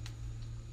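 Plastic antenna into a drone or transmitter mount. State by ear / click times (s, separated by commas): not seated / none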